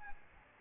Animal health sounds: mosquito wingbeat signal from an infrared sensor; Aedes albopictus

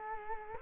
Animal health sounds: mosquito wingbeat signal from an infrared sensor; Culex quinquefasciatus

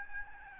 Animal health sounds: mosquito wingbeat signal from an infrared sensor; Aedes albopictus

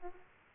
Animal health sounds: mosquito wingbeat signal from an infrared sensor; Aedes aegypti

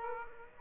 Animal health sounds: mosquito wingbeat signal from an infrared sensor; Aedes aegypti

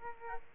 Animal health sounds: mosquito wingbeat signal from an infrared sensor; Aedes aegypti

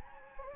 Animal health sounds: mosquito wingbeat signal from an infrared sensor; Anopheles gambiae

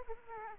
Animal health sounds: mosquito wingbeat signal from an infrared sensor; Aedes aegypti

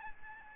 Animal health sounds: mosquito wingbeat signal from an infrared sensor; Aedes albopictus

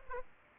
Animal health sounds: mosquito wingbeat signal from an infrared sensor; Aedes aegypti

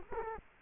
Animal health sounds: mosquito wingbeat signal from an infrared sensor; Culex quinquefasciatus

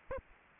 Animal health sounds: mosquito wingbeat signal from an infrared sensor; Aedes aegypti

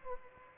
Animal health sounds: mosquito wingbeat signal from an infrared sensor; Aedes aegypti

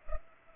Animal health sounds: mosquito wingbeat signal from an infrared sensor; Culex pipiens

